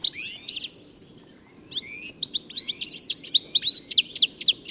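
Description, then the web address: Bird calls start with a few slurred chirps, fall quiet briefly, then build into a quick run of sharp, rising and falling high notes, over soft background hiss. "Deverinetal. Bird Only"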